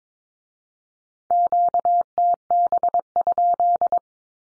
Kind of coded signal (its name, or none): Morse code